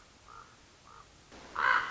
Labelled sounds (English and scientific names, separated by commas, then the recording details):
Common Raven (Corvus corax)
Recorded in Sonoma County, California